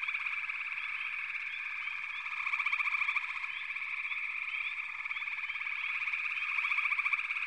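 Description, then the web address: Massed frogs trilling constantly, with brief chirps sprinkled through and two swells of a louder pulsed rattle, one early and one near the end. "Nature Songs Nature Sounds Sounds of Nature Collection 54 Froggies"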